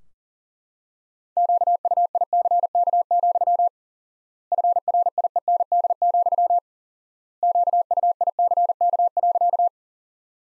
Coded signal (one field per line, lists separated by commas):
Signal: Morse code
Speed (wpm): 40 wpm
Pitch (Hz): 700 Hz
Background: none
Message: QUICK, FRIEND, QUICK.